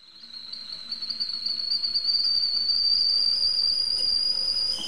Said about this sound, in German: das Wasser kocht.